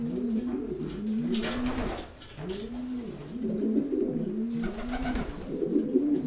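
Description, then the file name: Low pigeon coos overlapping in a continuous, uneven chorus, with brief knocking noises in between. "holub"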